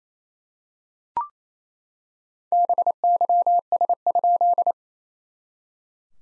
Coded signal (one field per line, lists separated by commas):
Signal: Morse code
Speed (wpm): 28 wpm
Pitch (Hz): 700 Hz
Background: none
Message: BYS?